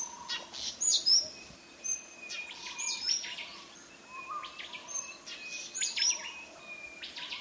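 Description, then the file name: White-bellied bushchat song: short bursts of high, sharp whistled notes mixed with dry, buzzy chips and a few lower whistles, repeated in phrases over faint background hiss. "suara decu timor"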